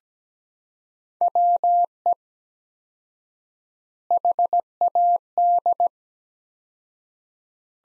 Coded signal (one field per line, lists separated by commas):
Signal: Morse code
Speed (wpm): 17 wpm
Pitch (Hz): 700 Hz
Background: none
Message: WE HAD